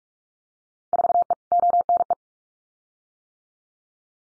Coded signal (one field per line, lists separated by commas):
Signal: Morse code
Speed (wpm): 44 wpm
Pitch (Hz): 700 Hz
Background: none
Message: 4E ONE